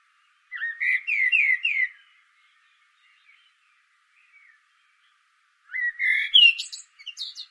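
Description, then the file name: Common blackbird, a rolling fluted phrase of repeated rising notes, a pause, then a warble breaking into shrill high twittering. "Turdus merula"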